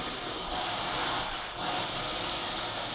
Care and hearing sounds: daily activity, microphone in the room; vacuum cleaning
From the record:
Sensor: 5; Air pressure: 992.0 hPa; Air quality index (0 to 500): 175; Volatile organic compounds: 621 ppm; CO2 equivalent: 4959 ppm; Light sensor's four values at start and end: 29/100/37/39 and 29/100/37/39

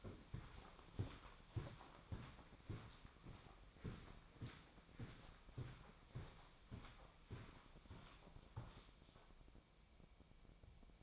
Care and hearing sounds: daily activity, microphone in the room; walk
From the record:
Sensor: 1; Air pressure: 1009.3 hPa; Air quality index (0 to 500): 187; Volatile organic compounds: 4 ppm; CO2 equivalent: 1577 ppm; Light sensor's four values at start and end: 51/139/57/69 and 52/137/57/69

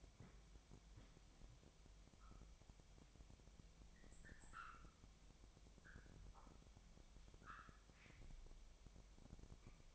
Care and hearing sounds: daily activity, microphone in the room; wipe stove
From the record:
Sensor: 1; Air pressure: 1007.1 hPa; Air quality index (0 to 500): 204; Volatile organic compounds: 22 ppm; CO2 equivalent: 2754 ppm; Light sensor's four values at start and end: 13/32/13/14 and 13/33/13/14

